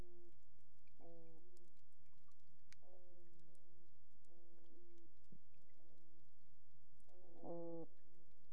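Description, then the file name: Toadfish calls: short, low, hollow tonal hums repeated irregularly, with a louder, richer call near the end over steady low underwater rumble. "Putland Toadfish"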